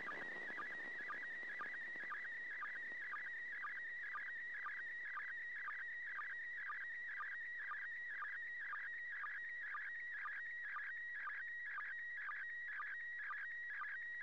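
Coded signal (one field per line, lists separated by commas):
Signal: SSTV (slow-scan television)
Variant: PD120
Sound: warbling tone sweeping high and low with rhythmic short dips, steady throughout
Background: radio static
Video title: 31st second pass.Slow Scan Television(SSTV)images transmitted from the International Space Station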